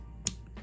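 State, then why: Seated. A small plastic panel on a transforming robot action figure is squeezed and pushed out, sticking instead of sliding smoothly and feeling like it might break. It snaps into position with one sharp, bright click at 0.3 s, followed by fainter, softer rustling. The panel is seated.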